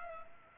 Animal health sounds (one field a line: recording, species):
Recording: mosquito wingbeat signal from an infrared sensor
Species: Culex pipiens